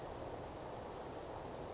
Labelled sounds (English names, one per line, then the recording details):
Western Flycatcher
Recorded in Sonoma County, California